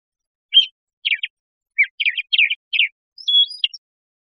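Crissal thrasher song: separate short, rough chirped phrases spaced by pauses, ending with a clearer whistled note.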